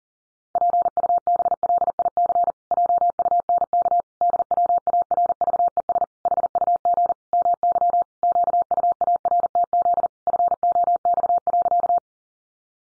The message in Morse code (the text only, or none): PUBLIC JUNK DWARVES HUG MY QUARTZ FOX.